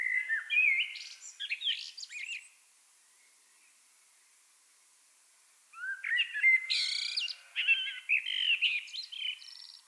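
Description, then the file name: Common blackbird song in two bursts separated by several seconds of quiet, each mixing fluty warbles with shrill chattering high notes. "Turdus merula"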